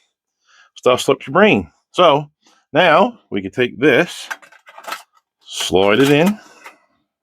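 Someone talks while a Pioneer DEH-S1200UB car stereo head unit is picked up and slid toward its steel DIN mounting sleeve in a 1996 Chevy 1500 Z71 Off Road, with a few faint handling ticks between the words. The unit is handled but not yet home; nothing has seated or clicked yet.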